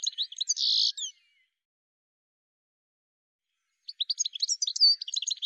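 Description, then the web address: High bird chirps: a short squeaky run with a rasping buzz, then quiet for about three seconds before another fast twittering sequence. "cianscape birddata"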